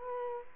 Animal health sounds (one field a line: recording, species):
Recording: mosquito wingbeat signal from an infrared sensor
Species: Culex quinquefasciatus